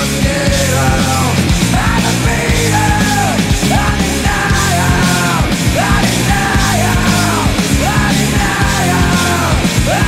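A grunge rock song plays loud and dense throughout, with heavy distorted guitars, thumping drums and a raw, strained vocal line that rises and falls over the steady driving beat.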